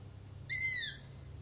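Owl scream: one short, hoarse, high-pitched shriek that tails off downward, against quiet background hum.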